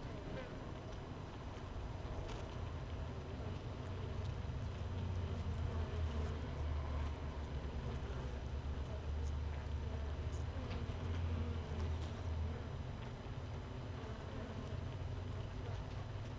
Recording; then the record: honeybee colony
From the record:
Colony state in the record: missing queen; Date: 31 May 2018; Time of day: 15:50